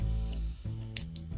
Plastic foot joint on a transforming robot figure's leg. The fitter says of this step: Bend that, the foot locks into place by itself, and now he is a robot.